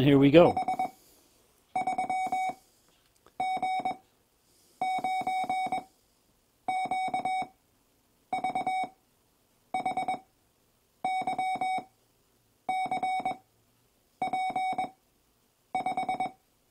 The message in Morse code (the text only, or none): H 3 G 9 Q V H Y C P 5